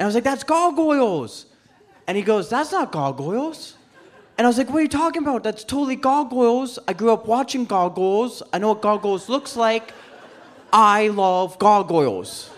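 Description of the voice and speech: An adult male comedian performs live on stage in Lake Country, BC, telling a story in quick, animated bursts. He repeats the word "Gargoyles" many times, and each time the R drops out, so it sounds close to "gah-goyles". This is a speech impediment caused by apraxia of speech, which affects certain words with O's and R's. Light audience laughter is heard.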